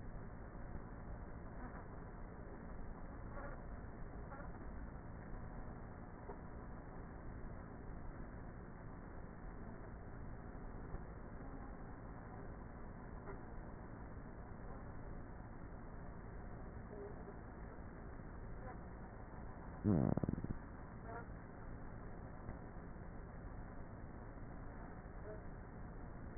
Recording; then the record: honeybee colony, microphone inside the hive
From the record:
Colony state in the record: queenless with a low population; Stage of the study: before two queens were removed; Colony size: about 30,000 bees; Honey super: no